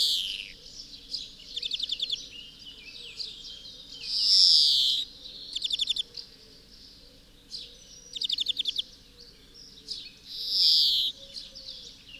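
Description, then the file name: European greenfinch giving quick chattering trills interspersed with long buzzy wheezes. "Chloris chloris"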